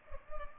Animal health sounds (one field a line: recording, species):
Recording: mosquito wingbeat signal from an infrared sensor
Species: Culex pipiens